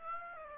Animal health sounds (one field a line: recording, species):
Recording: mosquito wingbeat signal from an infrared sensor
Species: Aedes aegypti